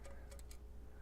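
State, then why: Released. Screws in the housing of an OE Apex coffee grinder, tightened down for a solid assembly, are backed out with a ball driver during a takedown for deep cleaning. Over a steady low hum, sharp snaps ring out at 0.4 s and 0.5 s as the tight screws break loose and are released.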